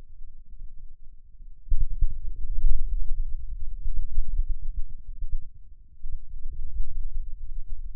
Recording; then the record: forearm muscle sounds (acoustic myography)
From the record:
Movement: inward rotation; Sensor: system 2, bracelet of six BSWA MPA416 microphones around the upper forearm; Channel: 1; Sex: male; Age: 22 years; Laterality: right